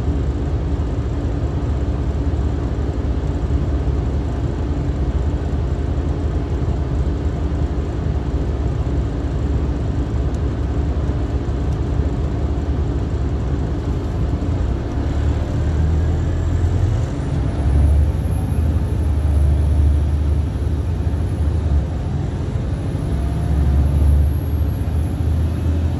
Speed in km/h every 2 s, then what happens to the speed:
0, 0, 0, 0, 0, 0, 2, 11, 19, 27, 34, 39, 44.
0-12 standing. 12-26 pulls away to 44.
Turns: none.